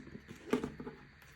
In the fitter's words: this one is not as like Snappy but you can hear when it goes in